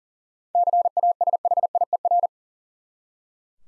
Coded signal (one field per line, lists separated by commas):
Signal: Morse code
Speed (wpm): 40 wpm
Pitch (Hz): 700 Hz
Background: none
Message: CASHIER